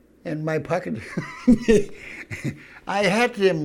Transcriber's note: he laughs